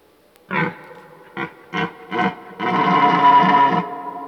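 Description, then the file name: Red deer stag calling: four quick gruff grunts in a row, then a sustained harsh roar of just over a second. Old stag bellowing during the rut. "Burlen 10 oud hert"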